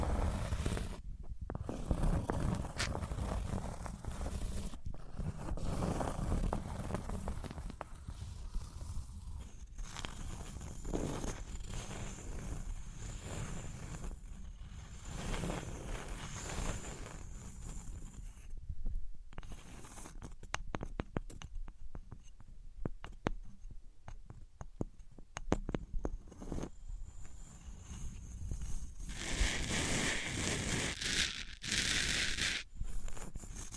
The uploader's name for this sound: Wood vs Cork, Sponge vs Foam, Glass vs Plastic